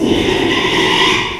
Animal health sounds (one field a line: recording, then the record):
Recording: squeal of a Yucatan mini pig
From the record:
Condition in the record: after surgery on the right vocal fold (resection and tissue-engineered implant)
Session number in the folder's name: 1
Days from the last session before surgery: 6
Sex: male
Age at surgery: 12 weeks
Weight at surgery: 13 kg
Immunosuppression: cyclosporine, prednisolone